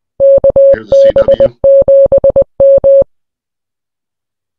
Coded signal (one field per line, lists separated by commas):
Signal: Morse code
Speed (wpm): 20 wpm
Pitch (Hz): 550 Hz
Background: none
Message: KB7M